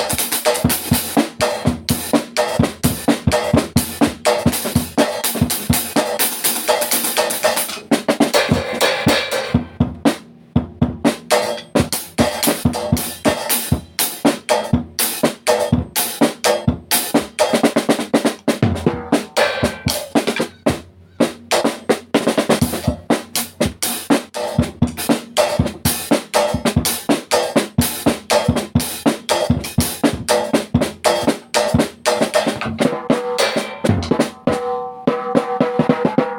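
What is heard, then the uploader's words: Drums played in a fast, dense stream of sharp hits with bright cymbal wash throughout, easing briefly around ten seconds, ringing tone near the end. Pure drum recording.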